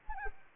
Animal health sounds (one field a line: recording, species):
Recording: mosquito wingbeat signal from an infrared sensor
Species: Anopheles arabiensis